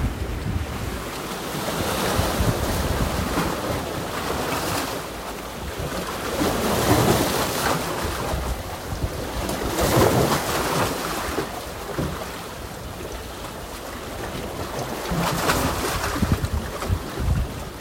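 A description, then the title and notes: Waves rush and break in a steady roar, with brighter surges around 5, 10 and 15 seconds and low wind rumble underneath. Mám za sebou měsíc #vanlife a během toho měsíce jsem zaznamenávala zvuky z těch nejkouzelnějších míst. WAVES.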